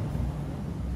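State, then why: Not seated. A wiring harness plug is handled at its socket on a Beat Street motorcycle while fixing MIL code 12. Only a steady low rumble with wind-like noise is heard, with no distinct clicks or sharp sounds. Nothing has seated or clicked yet by the end of the clip.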